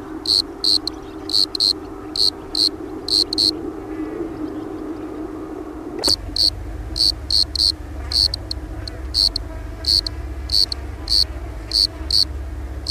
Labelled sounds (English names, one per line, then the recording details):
Bordeaux Cricket stridulation
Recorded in the wild
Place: Brazo de la Torre, ES
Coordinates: 37.0958, -6.18
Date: 1971-03-22
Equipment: Uher Report 4200, AKG D190C in Doppel-Parabolreflektor
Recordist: Krey, Winfried